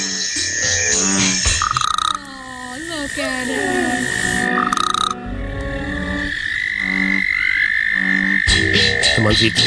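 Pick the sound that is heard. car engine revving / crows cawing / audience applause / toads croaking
toads croaking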